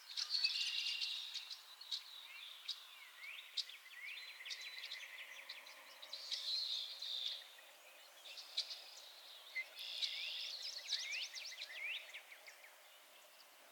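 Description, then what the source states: Frogs calling together, a tangle of short upswept notes and high buzzy trills, with a few sharp clicks scattered through the dense chorus. Chorus of frogs crooning to one another on a summer evening, Miners Marsh, Annapolis Valley, Nova Scotia.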